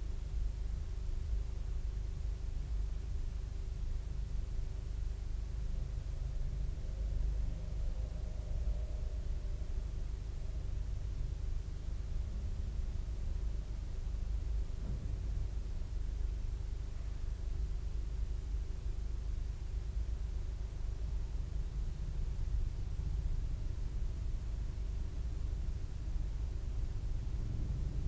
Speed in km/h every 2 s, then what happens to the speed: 0, 0, 0, 0, 0, 0, 0, 0, 0, 0, 0, 0, 0, 0.
0-28 standing.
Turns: none.